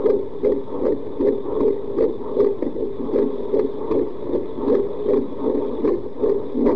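Fast, regular whooshing pulses at roughly 155 a minute over a steady low hum: a fetal heartbeat heard on a Doppler-type monitor, with the galloping rhythm typical of a fetal heart. The rate is within the usual fetal range of about 110 to 160 beats a minute.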